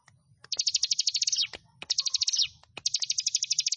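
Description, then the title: Prinia: three quick bursts of high, rapidly pulsed notes, plus a few clicks. "Ciblek Sawah 1"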